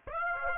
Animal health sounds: mosquito wingbeat signal from an infrared sensor; Aedes aegypti

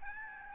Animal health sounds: mosquito wingbeat signal from an infrared sensor; Aedes albopictus

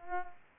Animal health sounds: mosquito wingbeat signal from an infrared sensor; Culex pipiens

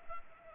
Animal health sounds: mosquito wingbeat signal from an infrared sensor; Culex pipiens

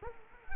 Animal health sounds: mosquito wingbeat signal from an infrared sensor; Culex quinquefasciatus

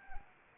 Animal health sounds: mosquito wingbeat signal from an infrared sensor; Anopheles arabiensis

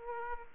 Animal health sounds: mosquito wingbeat signal from an infrared sensor; Aedes aegypti

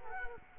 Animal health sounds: mosquito wingbeat signal from an infrared sensor; Culex quinquefasciatus

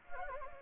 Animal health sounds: mosquito wingbeat signal from an infrared sensor; Anopheles gambiae

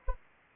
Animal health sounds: mosquito wingbeat signal from an infrared sensor; Anopheles arabiensis

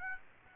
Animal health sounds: mosquito wingbeat signal from an infrared sensor; Aedes aegypti

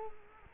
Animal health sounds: mosquito wingbeat signal from an infrared sensor; Culex quinquefasciatus

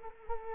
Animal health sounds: mosquito wingbeat signal from an infrared sensor; Culex quinquefasciatus

